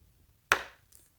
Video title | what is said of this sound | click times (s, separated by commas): How To Assemble & Setup HOOVER CARPET DELUXE Washer Cleaner + Tool Kit! 11 20 18! | you're gonna turn clockwise to lock it until you hear the click. | 0.5 s